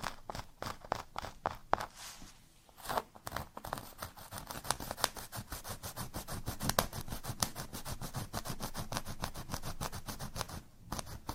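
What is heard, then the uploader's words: Rapid, regular scratching strokes on cork, a dense rasping rhythm that pauses briefly near two seconds, then continues steadily to the end. Scratching on Cork (NO TALKING).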